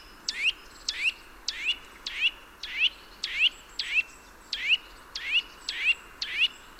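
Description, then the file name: Eurasian nuthatch calling steadily, loud sharp upslurred notes roughly every half second, sometimes in close pairs, over light hiss. "Sitta europaea"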